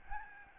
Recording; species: mosquito wingbeat signal from an infrared sensor; Aedes albopictus